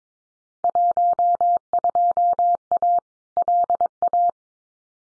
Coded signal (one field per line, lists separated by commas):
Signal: Morse code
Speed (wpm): 22 wpm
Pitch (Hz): 700 Hz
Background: none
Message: 12A LA